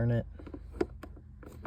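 Someone briefly talks while turning a plastic glove box stop or damper by hand before pushing it up into the dashboard of an RSX, so the glove box will no longer fall down. Light plastic taps and handling knocks follow, the sharpest near 0.8 and 1.0 seconds. Nothing has seated or snapped into place yet.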